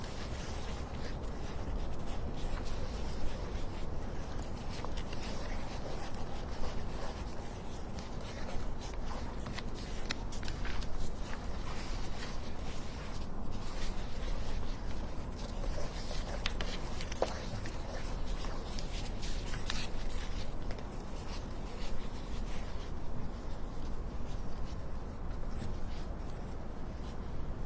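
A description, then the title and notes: Pen scratches on paper in a steady stream with frequent crisp strokes, over a low constant hum and faint murmur. The crisp writing sound.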